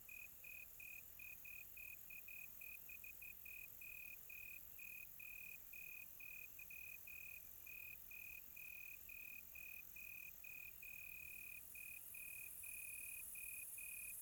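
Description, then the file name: Cricket chirping in a steady stream of short high trills at one pitch, pulses separated by brief gaps, over a faint hiss of other insects at night. Quiet tropical night. "quiet tropical night with cricket"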